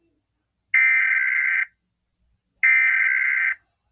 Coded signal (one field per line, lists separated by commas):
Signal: Emergency Alert System (SAME) tones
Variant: header bursts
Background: speech